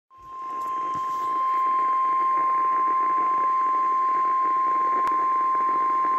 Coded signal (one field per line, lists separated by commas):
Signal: Emergency Alert System (SAME) tones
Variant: 1050 Hz attention tone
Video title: [EAS #58-62] November Monthly Test & 1st Weekly